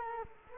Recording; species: mosquito wingbeat signal from an infrared sensor; Culex quinquefasciatus